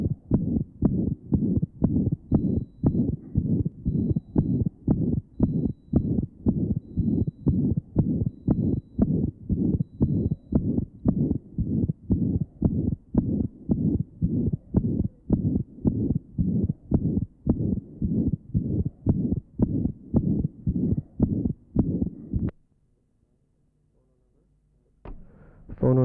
The loud ejection sound, the harsh ejection systolic murmur, and the wide splitting of the second sound. The splitting measures 0.04 on expiration and 0.06 seconds on inspiration.